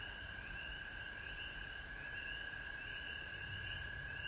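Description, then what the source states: Frogs in chorus: an even, sustained buzzing tone plus wavering higher trills that come and go, with a low rumble beneath. Several frogs recorded at home in Georgia on March 19, 2020.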